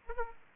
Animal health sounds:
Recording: mosquito wingbeat signal from an infrared sensor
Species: Aedes aegypti

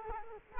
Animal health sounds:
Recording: mosquito wingbeat signal from an infrared sensor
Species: Culex quinquefasciatus

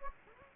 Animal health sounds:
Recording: mosquito wingbeat signal from an infrared sensor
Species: Anopheles gambiae

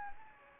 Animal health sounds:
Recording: mosquito wingbeat signal from an infrared sensor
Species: Anopheles gambiae

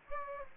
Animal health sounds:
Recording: mosquito wingbeat signal from an infrared sensor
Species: Aedes aegypti

